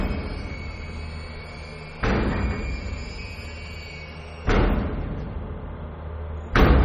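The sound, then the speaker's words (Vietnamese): Late at night, someone kicks the back door of a house three times, each heavy thud landing a bit harder than the last, at uneven intervals over a steady low background hum. “Nhắm mắt lại là nghe văng vẳng tiếng ai đó đang đạp vào cái cánh cửa sau nhà.”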